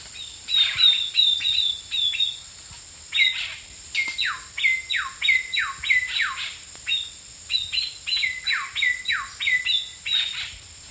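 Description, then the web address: Ecuadorian cacique group calling, a busy series of falling slurred notes, some with clipped upper notes, over a steady high insect hum. Several birds recorded together, giving both song and calls; eastern lowlands of South America. "Natures Songs S America Eastern Lowlands. Cacicus sclateri, song and calls group"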